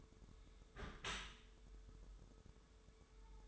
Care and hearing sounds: daily activity, microphone in the room; close dishwasher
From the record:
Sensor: 3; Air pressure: 1014.9 hPa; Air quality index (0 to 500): 40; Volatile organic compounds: 1 ppm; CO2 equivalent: 592 ppm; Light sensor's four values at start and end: 12/26/11/11 and 11/26/11/11

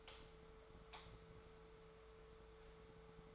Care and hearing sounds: daily activity, microphone in the room; light off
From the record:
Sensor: 3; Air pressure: 1014.7 hPa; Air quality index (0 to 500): 192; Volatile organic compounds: 24 ppm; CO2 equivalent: 2804 ppm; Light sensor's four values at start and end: 44/111/47/50 and 41/102/44/47

